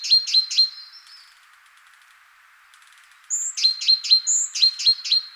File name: Parus major